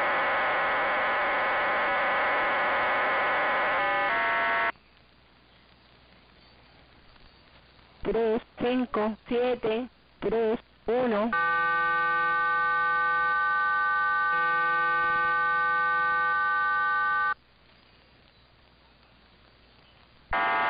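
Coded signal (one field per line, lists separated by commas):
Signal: numbers station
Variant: HM01, RDFT mode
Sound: buzzy chord of many steady tones, short warbling sweeps, then another long multi-tone drone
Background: radio static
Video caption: sequence 68532* *RDFT sequence 35631* *RDFT sequence 30038* *RDFT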